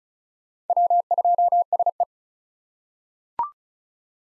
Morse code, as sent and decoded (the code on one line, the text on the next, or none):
.-- ..--- ... .
W2SE